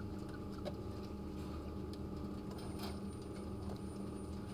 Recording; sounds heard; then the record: poultry house recording; healthy chickens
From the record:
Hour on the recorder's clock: 11